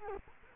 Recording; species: mosquito wingbeat signal from an infrared sensor; Culex quinquefasciatus